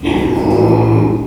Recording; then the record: squeal of a Yucatan mini pig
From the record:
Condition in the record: before surgery on the right vocal fold (resection and tissue-engineered implant); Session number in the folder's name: 1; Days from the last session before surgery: -3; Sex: male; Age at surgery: 12 weeks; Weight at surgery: 13 kg